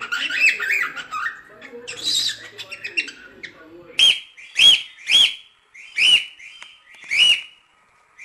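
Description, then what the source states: Cockatiel chatter at first, then a series of five clear rising-falling whistled notes spaced about half a second to a second apart. Several cockatiels whistling.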